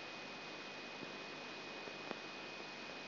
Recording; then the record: brain microelectrode recording played as sound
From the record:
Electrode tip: outside the subthalamic nucleus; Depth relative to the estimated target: -4 mm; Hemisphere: left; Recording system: AlphaMap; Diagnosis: Parkinson's disease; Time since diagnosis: 12 years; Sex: female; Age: 47 years